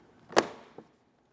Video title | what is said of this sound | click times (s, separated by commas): How to Replace Power Window Motor & Regulator Assembly 2006-2011 Honda Civic | press it until you hear a click double check to make sure it's secured all the way around | 0.4 s